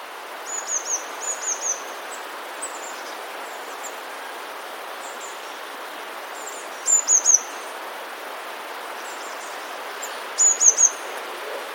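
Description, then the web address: Eurasian blue tit song: a few scattered phrases of three or four high, thin notes, separated by several seconds of quiet background hiss. "wroblowe teka spiew modraszkoteka"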